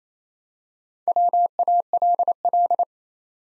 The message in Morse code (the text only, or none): WALL